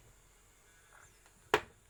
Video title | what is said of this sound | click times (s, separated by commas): Mesin Cuci Putar Satu Arah, Ganti Taimer Permesalahan Beres. | udah ada bunyi tek Ya sudah masuk | 1.5 s